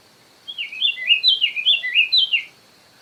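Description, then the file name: Diademed tanager song: a quick run of sweet, slurred notes, each dipping and rising, about two seconds long, over a steady faint high hum. "sanhaco frade"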